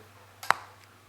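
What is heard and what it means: A United Cutlery "Sub Commander" mini boot knife blade is pushed back into its plastic sheath, with a soft sliding rustle starting at about 0.4 s. A sharp, bright snap follows at 0.5 s, then a faint tick at 0.8 s. The blade is seated securely in the sheath again.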